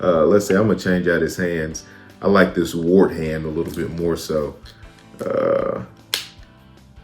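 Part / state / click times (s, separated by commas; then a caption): alternate plastic hand onto action figure wrist peg / seated / 6.1 s. Someone talks while swapping a plastic action figure's hand for an alternate wart hand, pushing it onto the wrist peg. A sharp snap sounds at 6.1 seconds as the hand seats onto the peg.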